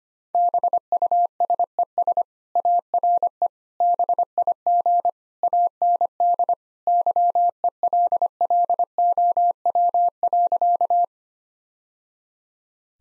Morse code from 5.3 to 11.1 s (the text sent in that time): AND YELLOW.